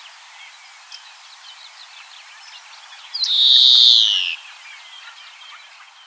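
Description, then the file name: European greenfinch giving a single drawn-out, buzzy wheeze lasting about a second, slightly falling at the end, over faint twittering in the background. "Chloris chloris"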